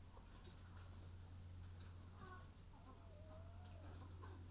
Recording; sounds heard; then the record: poultry house recording; sick chickens (respiratory disease)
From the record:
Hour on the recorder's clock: 21